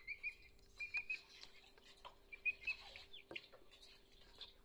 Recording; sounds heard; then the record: poultry house recording; healthy chickens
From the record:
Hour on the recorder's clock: 16